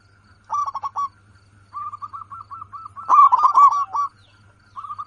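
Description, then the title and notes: Zebra dove song: short bursts of rapid, staccato cooing notes, a louder trilled run near the three-second mark, then quieter repeated coos, over a faint steady low hum. Local bird singing actively, with a loud, clear, crystal-like voice. "PERKUTUT LOKAL GACOR Suara KRISTAL LANTANG. Kicau Burung Perkutut"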